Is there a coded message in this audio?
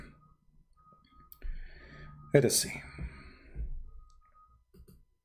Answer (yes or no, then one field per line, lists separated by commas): no